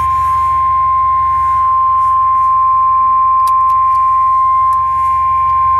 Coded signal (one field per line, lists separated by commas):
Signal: Emergency Alert System (SAME) tones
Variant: 1050 Hz attention tone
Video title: MOUNTAIN VIEW... EAS Alerts from 5/3/22 (EAS #6,789 - 6,800)